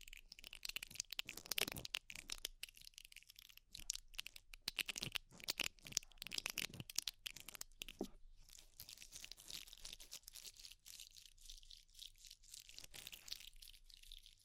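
Ear cleaning sounds: rapid crackling, crinkling scratches packed densely into quick bursts, bright and hissy with little low end. The first half is busier, with stronger sweeping swipes around two, five and eight seconds, then the scratching thins to a steadier, lighter crackle.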